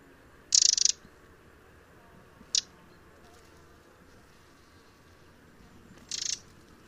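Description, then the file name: Eurasian wren uttering brief, harsh, high rattling calls, three bursts of varying length against faint background noise. "Troglodytes troglodytes"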